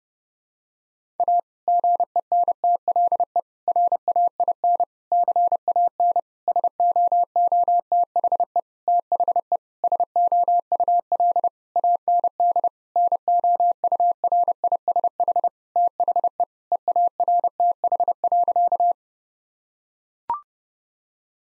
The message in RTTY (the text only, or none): none